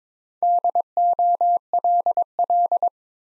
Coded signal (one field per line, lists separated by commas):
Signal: Morse code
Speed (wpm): 22 wpm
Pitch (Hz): 700 Hz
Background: none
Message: DOLL